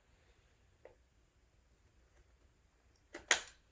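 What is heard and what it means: A RAM module is turned around so its notch lines up with the key, then pushed down into a motherboard DIMM slot. A faint tap comes at 0.9 s, a short contact at 3.1 s, and then a loud, sharp snap at 3.3 s as the retention clip closes. The stick is seated.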